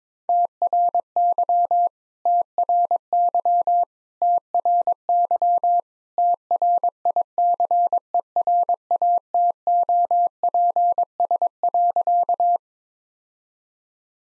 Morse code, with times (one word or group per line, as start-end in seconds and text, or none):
0.3-1.9 TRY
2.3-3.8 TRY
4.2-5.8 TRY
6.2-12.6 TRICERATOPS.